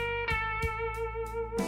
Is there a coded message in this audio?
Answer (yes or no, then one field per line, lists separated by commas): no